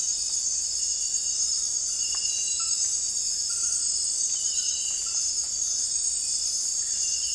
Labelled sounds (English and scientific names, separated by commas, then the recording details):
none
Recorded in dense forest near Puerto Asís, Putumayo, Colombia, on 18 February 2024 at 04:00
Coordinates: 0.484, -76.317
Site G6464